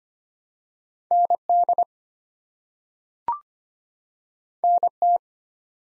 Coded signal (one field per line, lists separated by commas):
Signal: Morse code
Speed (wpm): 25 wpm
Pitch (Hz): 700 Hz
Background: none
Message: ND NT